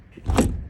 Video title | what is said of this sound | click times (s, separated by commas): Full presentation Vermut - VW T2 Kombi 1977 Westfalia - Campervan rental in Barcelona | And you can hear the click. Like this. | 0.3 s, 0.4 s